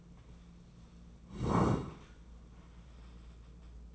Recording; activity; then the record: daily activity, microphone in the room; sit down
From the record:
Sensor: 1